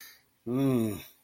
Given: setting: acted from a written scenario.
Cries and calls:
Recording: vocal sound without words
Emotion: embarrassment

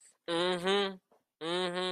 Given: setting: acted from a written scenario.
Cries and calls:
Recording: vocal sound without words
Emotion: triumph

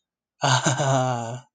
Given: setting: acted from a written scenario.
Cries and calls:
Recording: vocal sound without words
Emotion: ecstasy

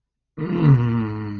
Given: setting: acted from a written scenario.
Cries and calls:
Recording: vocal sound without words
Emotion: ecstasy

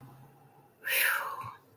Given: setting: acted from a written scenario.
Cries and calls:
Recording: vocal sound without words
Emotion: relief

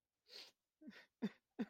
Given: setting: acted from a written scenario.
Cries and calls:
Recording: vocal sound without words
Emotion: sadness

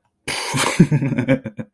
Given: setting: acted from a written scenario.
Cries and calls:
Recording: vocal sound without words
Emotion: amusement

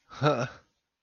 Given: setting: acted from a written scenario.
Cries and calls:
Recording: vocal sound without words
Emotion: amusement

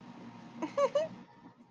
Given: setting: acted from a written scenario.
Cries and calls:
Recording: vocal sound without words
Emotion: elation

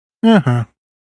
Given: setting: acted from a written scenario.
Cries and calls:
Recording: vocal sound without words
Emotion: neutral

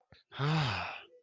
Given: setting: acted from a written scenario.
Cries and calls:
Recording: vocal sound without words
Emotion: awe

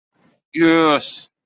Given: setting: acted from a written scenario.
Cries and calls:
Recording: vocal sound without words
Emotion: triumph

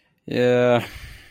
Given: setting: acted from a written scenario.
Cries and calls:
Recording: vocal sound without words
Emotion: sympathy

